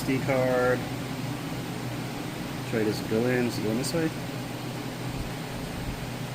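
A microSD card is held at the card slot of a 70mai A800SE dash camera and turned to check which way it goes before being pushed in, while someone talks over a steady background hum. Nothing has seated or clicked yet.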